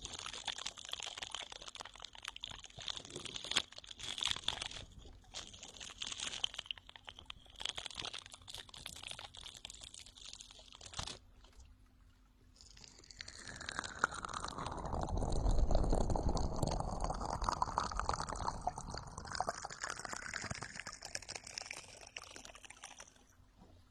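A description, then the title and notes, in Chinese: Dry scratching of a face-washing brush fills the first twelve seconds in short, uneven strokes with brief pauses. After a moment of near silence, a rain stick pours out a steady trickling rush that swells to its loudest around fifteen seconds and keeps flowing to the end. 眠音哄睡 洗脸刷 流水棒。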